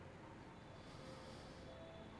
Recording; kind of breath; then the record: one breath in and out by a microphone near the nose and mouth; normal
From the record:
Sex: male